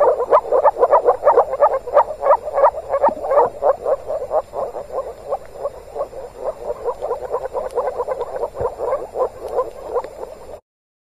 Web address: moorfrosch. rufen jetzt die froesche im taevsmoor